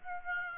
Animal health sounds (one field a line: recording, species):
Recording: mosquito wingbeat signal from an infrared sensor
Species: Aedes aegypti